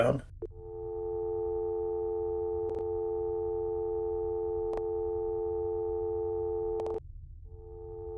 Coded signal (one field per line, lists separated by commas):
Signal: telephone call progress tone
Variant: North America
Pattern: dial tone